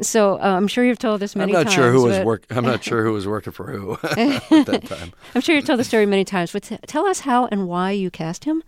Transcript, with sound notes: So I'm sure you've told this many times but...
I'm not sure who was working for who at that time.
(Soundbite of laughter) I'm sure you've told the story many times but tell us how and why you cast him.